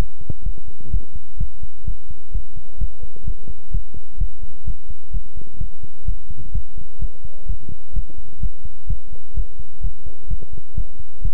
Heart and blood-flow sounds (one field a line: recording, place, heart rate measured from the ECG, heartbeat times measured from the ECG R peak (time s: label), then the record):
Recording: heart sounds by stethoscope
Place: between the tricuspid and mitral areas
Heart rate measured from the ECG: 128 bpm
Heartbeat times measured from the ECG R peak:
0.43 s: heartbeat
0.90 s: heartbeat
1.37 s: heartbeat
1.84 s: heartbeat
2.31 s: heartbeat
2.78 s: heartbeat
3.24 s: heartbeat
3.71 s: heartbeat
4.18 s: heartbeat
4.64 s: heartbeat
5.11 s: heartbeat
5.58 s: heartbeat
6.05 s: heartbeat
6.52 s: heartbeat
6.99 s: heartbeat
7.46 s: heartbeat
7.93 s: heartbeat
8.40 s: heartbeat
8.87 s: heartbeat
9.34 s: heartbeat
9.81 s: heartbeat
10.27 s: heartbeat
10.74 s: heartbeat
11.22 s: heartbeat
From the record:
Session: pedaling a stationary bicycle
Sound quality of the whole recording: good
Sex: male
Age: 24 years